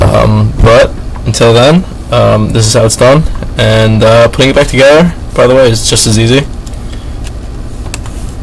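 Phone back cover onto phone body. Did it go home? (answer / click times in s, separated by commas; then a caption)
yes / 7.9 s. Someone talks, then the plastic back cover of a Droid Razr smartphone is pressed back onto the phone body so its hooks engage. A few quiet handling ticks follow, then the cover snaps into place with a sharp click at 7.9 s, fully seated.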